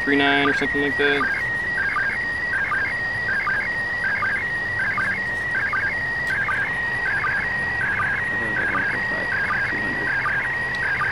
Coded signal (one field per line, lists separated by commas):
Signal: SSTV (slow-scan television)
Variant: PD 180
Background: speech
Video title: Failed ISS Slow Scan TV!